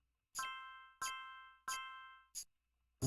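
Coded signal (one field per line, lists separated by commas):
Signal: none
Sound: game chime sounds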